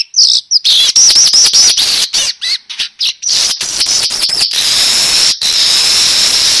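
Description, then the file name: Weaver song opening with fast squeaky chattering and upslurred notes, then settling into a steady, drawn-out high sizzling hiss for the last two seconds. Lure sound of a weaver (burung manyar) in vigorous, continuous 'gacor' song. "Suara Pancingan Burung Manyar Gacor Dor"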